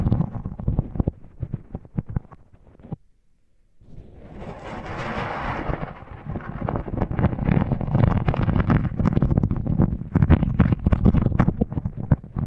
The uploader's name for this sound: Sensitive Tingles with Mics Under Tape